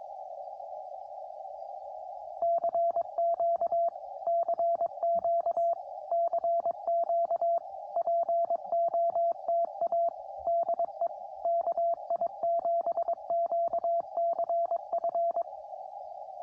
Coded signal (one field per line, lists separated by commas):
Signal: Morse code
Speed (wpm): 22 wpm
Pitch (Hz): 680 Hz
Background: radio noise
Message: CQ CQ CQ POTA DE KI7QCF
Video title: 100% Homebrew POTA Activation